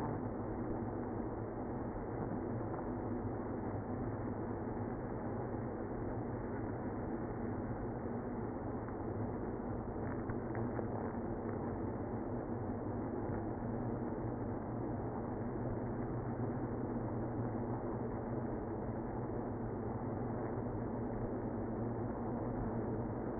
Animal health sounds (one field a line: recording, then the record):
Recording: honeybee colony, microphone inside the hive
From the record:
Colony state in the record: queenless (queen removed)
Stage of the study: after two queens were removed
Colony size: about 60,000 bees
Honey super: yes